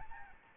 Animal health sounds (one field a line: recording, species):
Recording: mosquito wingbeat signal from an infrared sensor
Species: Aedes albopictus